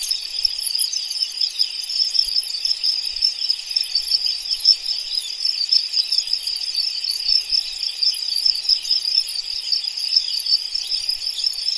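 Crickets trilling in a dense, continuous high-pitched chorus that holds steady throughout, with faint low clicks beneath.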